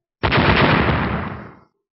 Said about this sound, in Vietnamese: Một tiếng nổ vang trời, thân hình Vô Trần đạo nhân đại chấn, đại ấn màu trắng cuối cùng bị quất cho bay đi.